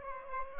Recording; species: mosquito wingbeat signal from an infrared sensor; Aedes aegypti